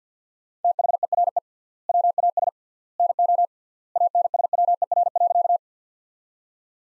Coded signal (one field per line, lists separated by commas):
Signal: Morse code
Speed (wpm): 50 wpm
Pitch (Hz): 700 Hz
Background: none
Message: THERE WAS NO ANSWER.